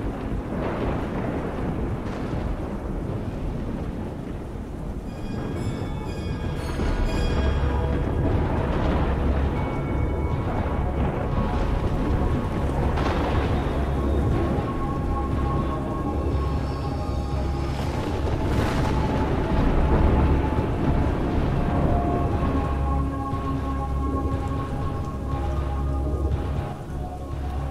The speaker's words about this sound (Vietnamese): Từ trên bầu trời, giữa cơn mưa gió, một tia sét màu xanh lè giáng thẳng xuống ở trên chóp của ngôi chùa. Những tia lôi điện giật đèn đẹt ghê rợn, tia sét to giáng xuống phá tan nóc của ngôi chùa.